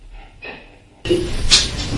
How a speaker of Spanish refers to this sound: Es muy evidente ese sonido metálico. Metálico, tan, como si chocara una silla con otra.